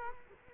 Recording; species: mosquito wingbeat signal from an infrared sensor; Culex quinquefasciatus